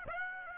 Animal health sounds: mosquito wingbeat signal from an infrared sensor; Aedes aegypti

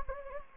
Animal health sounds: mosquito wingbeat signal from an infrared sensor; Anopheles gambiae

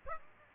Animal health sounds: mosquito wingbeat signal from an infrared sensor; Aedes aegypti

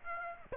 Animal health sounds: mosquito wingbeat signal from an infrared sensor; Aedes aegypti

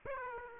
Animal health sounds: mosquito wingbeat signal from an infrared sensor; Aedes aegypti

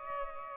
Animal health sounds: mosquito wingbeat signal from an infrared sensor; Aedes albopictus

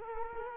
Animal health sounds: mosquito wingbeat signal from an infrared sensor; Culex quinquefasciatus

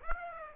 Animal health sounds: mosquito wingbeat signal from an infrared sensor; Aedes aegypti

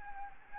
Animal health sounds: mosquito wingbeat signal from an infrared sensor; Anopheles gambiae

